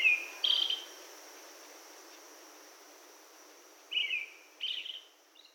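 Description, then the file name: Brown-headed thrush song, short two-part phrases: a lower whistled note, then a higher one, repeated after a pause of a few seconds, over a steady high insect hiss. Recorded at Yaita, 22 July 2021. "akahara 210722 yaita oi"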